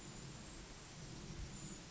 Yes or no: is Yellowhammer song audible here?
no